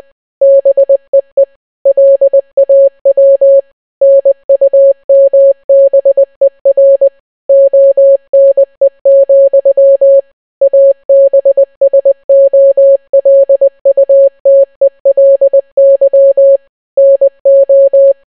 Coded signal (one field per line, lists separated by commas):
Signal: Morse code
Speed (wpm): 20 wpm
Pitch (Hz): 550 Hz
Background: none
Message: BEE LAW NUMBER ONE, ABSOLUTELY NO